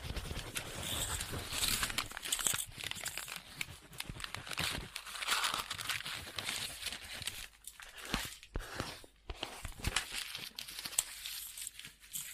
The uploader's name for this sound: Scribbling On Paper